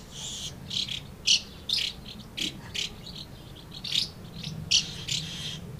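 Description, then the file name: Swallows twittering in short, bright chirps scattered irregularly throughout, with a faint low rumble beneath. Several swallows recorded at Amblagnieu on 2 July 2017 with an MZ-N 710 recorder. "MZ-N 710 Hirondelles Amblagnieu 2 07 17"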